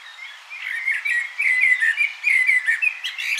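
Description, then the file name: Common blackbird: continuous rapid, mellow warbling in the mid-range with short high squeaks throughout. "Turdus merula"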